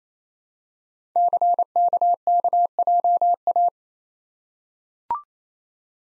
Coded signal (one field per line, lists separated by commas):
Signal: Morse code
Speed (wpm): 27 wpm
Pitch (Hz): 700 Hz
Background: none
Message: CKKJA